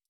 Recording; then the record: hydrophone in a shrimp aquaculture tank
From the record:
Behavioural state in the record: stressed